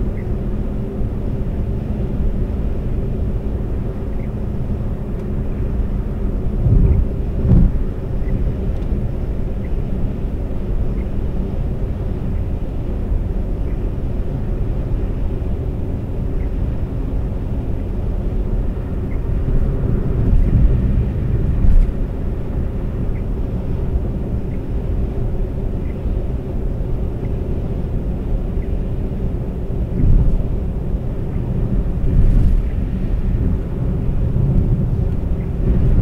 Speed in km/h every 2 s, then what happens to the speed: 122, 122, 124, 124, 124, 124, 124, 126, 126, 126, 124, 126, 124, 124, 124, 124, 124, 124.
0-36 steady at about 124.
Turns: none.